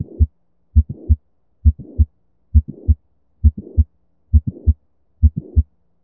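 Regular heartbeat at about 67 beats a minute from a heart sound simulator. Between the first and second sounds of each beat there is a rough, noisy systolic sound. Mitral valve prolapse, where a floppy mitral valve bulges back and leaks during systole.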